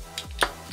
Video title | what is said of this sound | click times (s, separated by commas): Leçon - Mont Blanc Maker | si on referme bien voilà de ce côté-l on peut voir que les clips sont bien mis | 0.2 s, 0.4 s